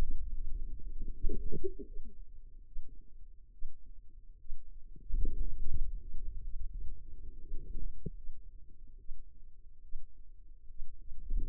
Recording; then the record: forearm muscle sounds (acoustic myography)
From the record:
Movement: pen grasping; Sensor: system 2, bracelet of six BSWA MPA416 microphones around the upper forearm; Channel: 2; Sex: female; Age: 25 years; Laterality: right